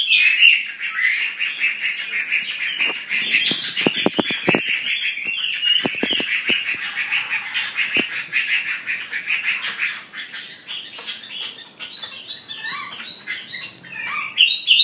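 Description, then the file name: Chinese hwamei singing a dense, fast chattering warble held on one band for most, broken by sharp clicks, with clearer whistled notes near the end. "audio gathering hwamei. omkicau"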